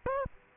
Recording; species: mosquito wingbeat signal from an infrared sensor; Aedes aegypti